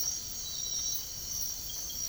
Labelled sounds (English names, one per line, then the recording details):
none
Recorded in secondary vegetation near Puerto Asís, Putumayo, Colombia, on 24 March 2025 at 03:30
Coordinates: 0.489, -76.322
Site G042